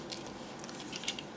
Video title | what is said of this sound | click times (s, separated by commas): Transformers LEGACY DRAGSTRIP Review Rob A Reviews | kind of lift that just a little bit and then we can bring these sections down and they are going to lock into place there | 1.1 s